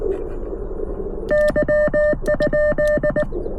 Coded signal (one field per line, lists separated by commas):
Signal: Morse code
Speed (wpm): 19 wpm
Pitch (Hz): 600 Hz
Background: none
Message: Y?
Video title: CFT1 | Small Radio...BIG EARS | POTA @ US-10173